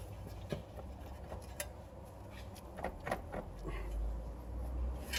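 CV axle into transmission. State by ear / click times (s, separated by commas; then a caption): seated / 1.6 s. The driver-side CV axle shaft on a 2007 Kia Rondo is rotated and pushed into the transmission over a low steady rumble with faint rubbing and knocks. A sharp snap at 1.6 s marks the retaining clip engaging and the axle seating in the gearbox, followed by a softer knock at 3.1 s.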